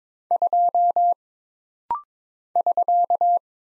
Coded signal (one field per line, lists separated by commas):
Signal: Morse code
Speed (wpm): 22 wpm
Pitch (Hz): 700 Hz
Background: none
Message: 2 <SK>